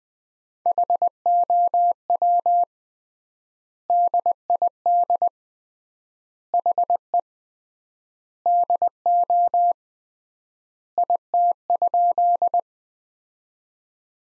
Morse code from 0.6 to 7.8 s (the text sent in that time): HOW DID HE